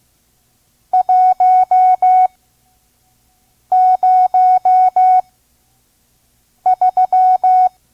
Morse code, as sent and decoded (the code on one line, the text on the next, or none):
.---- ----- ...--
103